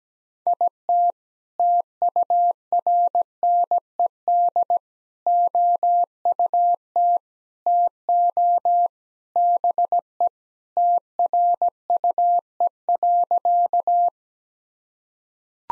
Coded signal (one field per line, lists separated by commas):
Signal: Morse code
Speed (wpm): 17 wpm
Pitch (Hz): 700 Hz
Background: none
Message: IT TURNED OUT TO BE TRUE.